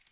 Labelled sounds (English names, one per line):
Nashville Warbler flight call